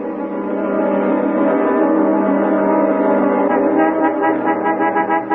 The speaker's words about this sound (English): You honking at us, lady? How do you expect me to move my car with your truck in the way?